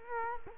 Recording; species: mosquito wingbeat signal from an infrared sensor; Culex quinquefasciatus